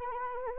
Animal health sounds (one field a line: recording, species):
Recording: mosquito wingbeat signal from an infrared sensor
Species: Anopheles arabiensis